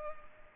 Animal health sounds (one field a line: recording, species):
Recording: mosquito wingbeat signal from an infrared sensor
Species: Culex pipiens